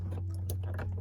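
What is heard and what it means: On a 1999–2006 Chevy, GMC or Cadillac, the locking lever on the plastic connector at the top of the instrument cluster is pulled until it clicks open at 0.5 s, releasing the connector so it can be pulled off. A sharp click stands out over a steady low hum, with a few fainter ticks around it.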